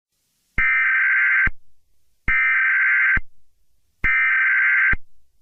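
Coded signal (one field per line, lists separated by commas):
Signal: Emergency Alert System (SAME) tones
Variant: header bursts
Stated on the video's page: Fictional EAS scenario based on a game, not a real alert.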